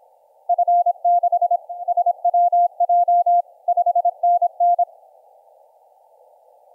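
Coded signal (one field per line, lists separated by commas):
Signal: Morse code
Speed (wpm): 26 wpm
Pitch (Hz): 700 Hz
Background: none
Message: F6SWJ 5NN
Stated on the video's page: 15m CW DX contact.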